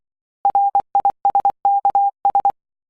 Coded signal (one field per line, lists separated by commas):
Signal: Morse code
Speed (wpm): 24 wpm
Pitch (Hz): 800 Hz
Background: none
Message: RISKS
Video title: Morse Code Practice 3 - 'D' 'K' 'G' 'O' 'H'